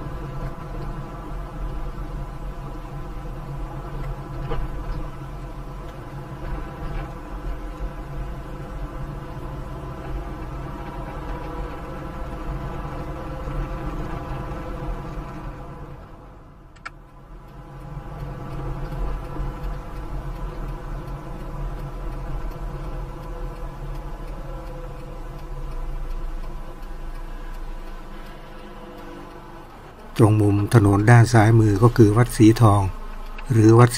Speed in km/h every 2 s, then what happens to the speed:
28, 25, 23, 24, 26, 29, 31, 31, 28, 24, 23, 18, 15, 8, 0, 0, 0.
0-5 steady at about 25. 5-14 speeds up to 31. 14-28 slows to 0. 28-34 standing.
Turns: none.